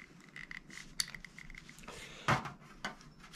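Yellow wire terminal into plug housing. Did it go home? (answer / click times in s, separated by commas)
yes / 1.0 s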